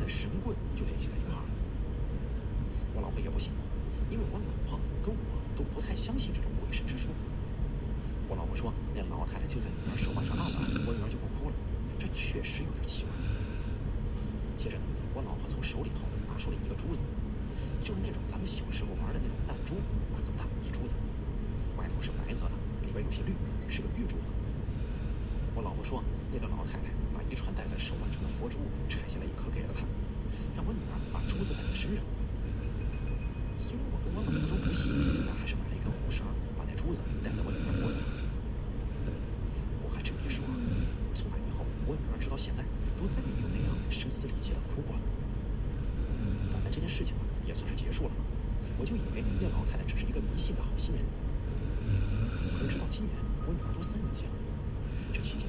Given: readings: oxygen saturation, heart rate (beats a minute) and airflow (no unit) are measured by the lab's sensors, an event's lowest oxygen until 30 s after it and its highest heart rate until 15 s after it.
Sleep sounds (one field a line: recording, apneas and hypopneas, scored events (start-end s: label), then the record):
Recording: breathing in sleep by a smartphone at the bedside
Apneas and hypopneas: none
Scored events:
none scored
From the record:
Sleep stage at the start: N2 (light sleep)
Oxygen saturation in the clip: 92 to 94%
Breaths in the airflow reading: 17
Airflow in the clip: -1.7 to 3.5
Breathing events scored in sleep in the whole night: 335 in 6.7 hours asleep